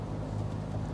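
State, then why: Not seated. A plastic electrical connector is lined up and pushed onto the fuel pump module terminal of a 2008-2013 Infiniti G73x during fuel pump module assembly replacement. Only a steady low-frequency rumble is heard for 0.9 seconds with no distinct snap. Nothing has seated or clicked yet.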